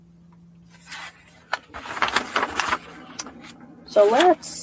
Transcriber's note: paper rustles